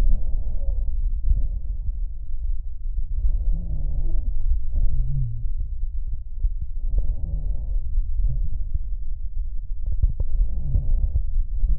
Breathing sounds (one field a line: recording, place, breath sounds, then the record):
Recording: lung sounds by stethoscope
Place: left posterior upper chest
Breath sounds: expiratory wheeze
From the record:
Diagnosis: asthma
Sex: female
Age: 59 years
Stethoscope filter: extended mode, 50 to 500 Hz